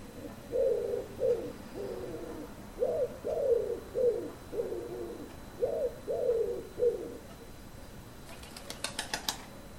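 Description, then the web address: Common wood pigeon giving a series of low hooting coos in a rhythmic phrase, followed near the end by a burst of wing claps. "cianscape. Deverinetal 2025. Bird Only"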